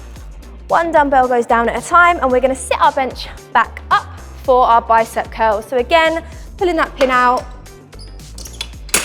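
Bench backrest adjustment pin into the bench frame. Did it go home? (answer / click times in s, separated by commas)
yes / 8.6 s, 9.0 s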